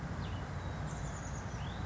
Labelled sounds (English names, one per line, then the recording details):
Chestnut-backed Chickadee
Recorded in Sonoma County, California